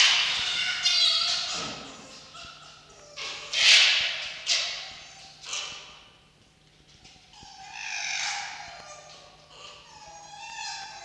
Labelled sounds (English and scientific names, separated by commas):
Red Fox (Vulpes vulpes)